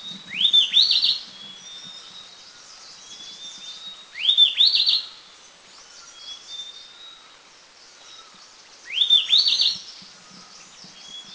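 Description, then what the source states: Mishmi wren-babbler song: a short burst of rising, looping whistled notes high in pitch, given three times several seconds apart over a faint background of other high thin notes. India.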